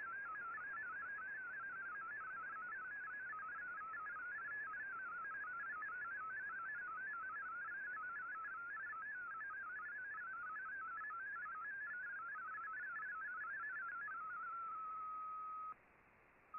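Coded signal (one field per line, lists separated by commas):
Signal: multi-tone FSK (Olivia or MFSK type)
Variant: MFSK32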